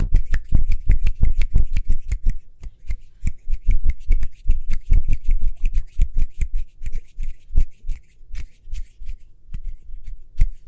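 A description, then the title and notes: Quick hand sounds: rapid, dense taps, rubs and claps with a heavy low thump to each, coming several times a second. The pace is busiest in the first few seconds, then loosens slightly into more spaced, uneven strikes with a faint crisp edge. ASMR Speedy Hand Sounds (No Talking).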